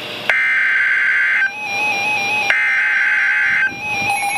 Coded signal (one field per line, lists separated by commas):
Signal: Emergency Alert System (SAME) tones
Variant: header bursts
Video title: Severe Thunderstorm Warning #10 - 09/19/13 (EAS #551)